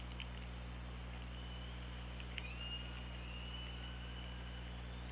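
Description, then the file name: Killer whale call: after a sharp click, a long tonal call slowly rises and then holds steady, with faint harmonics, over constant underwater hum and hiss. Recorded on the OrcaLab hydrophone on 24 August 2017 at 15:10. "Orca Lab UTLN JASON 20170824 151057"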